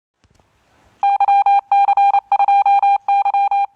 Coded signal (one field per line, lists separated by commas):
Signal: Morse code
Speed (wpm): 29 wpm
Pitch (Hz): 800 Hz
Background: none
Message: YC2Y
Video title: Tes Mini PC buat kegiatan Amatir Radio